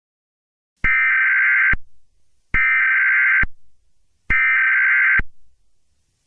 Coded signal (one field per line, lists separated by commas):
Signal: Emergency Alert System (SAME) tones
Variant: header bursts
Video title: eas scenario catemojibabyheat part 12